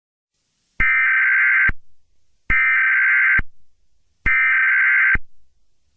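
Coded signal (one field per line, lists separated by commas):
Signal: Emergency Alert System (SAME) tones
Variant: header bursts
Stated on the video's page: Fictional EAS scenario that the page says has valid tones.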